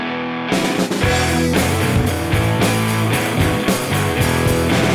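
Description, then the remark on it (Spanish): After a brief silence, a reverb effect is switched on and loud, dense music kicks in abruptly, its sustained tones smeared by the washed-out reverb that keeps the sound full and ringing throughout. “¡Espere que activo la reverb!”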